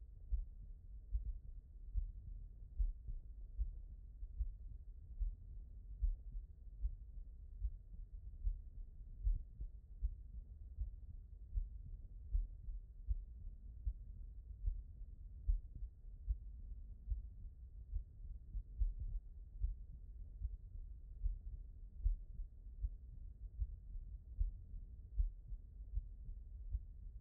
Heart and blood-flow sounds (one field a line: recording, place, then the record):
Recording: heart sounds by stethoscope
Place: aortic valve (AV)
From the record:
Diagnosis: non-HFrEF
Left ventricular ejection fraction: 68%